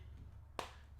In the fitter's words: four all four corners sound very good nice secure click onto all four corners so